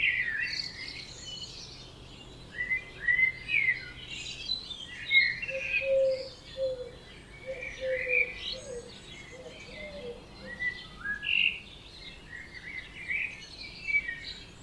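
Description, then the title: Birds in a dawn chorus, busy high twittering and whistles throughout, with a short series of lower notes in the middle. Dawn chorus at 4am in Oberhofen, Inntal valley, Austria; binaural recording. "Birds Oberhofen Inntal Austria - 4am - binaural version"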